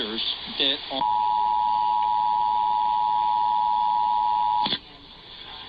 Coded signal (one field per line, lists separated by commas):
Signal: Emergency Alert System (SAME) tones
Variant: 853 and 960 Hz attention tone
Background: speech